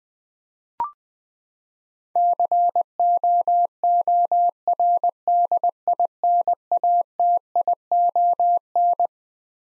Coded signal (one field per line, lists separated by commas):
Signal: Morse code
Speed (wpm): 21 wpm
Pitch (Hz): 700 Hz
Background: none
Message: COORDINATION